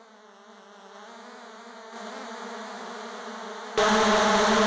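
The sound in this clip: Insect buzzing, a steady droning hum with layered harmonics that grows louder in steps, jumping abruptly near the end.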